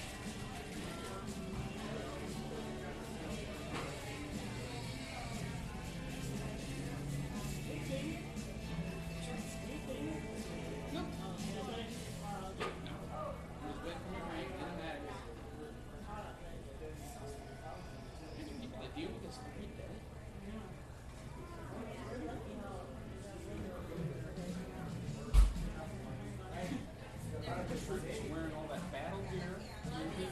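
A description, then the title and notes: Coffee shop chatter: overlapping voices murmur steadily throughout, with a man's voice standing out at times. A low hum runs underneath, and a sharp clack lands around twenty-five seconds, like a cup or dish being set down. This episode of the White Noise Podcast is A COFFEE SHOP.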